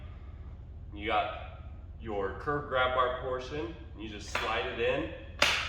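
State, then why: Seated. A curved grab bar section is slid into the base plate of a Stander Security Pole Safety Center while someone talks. A sharp thump at 5.4 s marks the section locking into place in the base.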